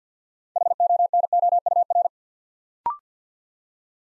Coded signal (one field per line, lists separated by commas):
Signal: Morse code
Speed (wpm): 48 wpm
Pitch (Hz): 700 Hz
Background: none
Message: HONOUR